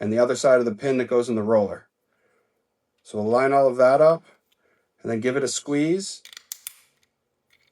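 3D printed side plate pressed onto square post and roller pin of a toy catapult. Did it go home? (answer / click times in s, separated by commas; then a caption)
yes / 6.5 s, 6.7 s. A 3D printed plastic side plate of a toy catapult is squeezed onto a square post and a roller pin while someone talks. After the speech, two sharp snaps at 6.5 and 6.7 seconds mark the parts seating into the frame, followed by a few faint ticks.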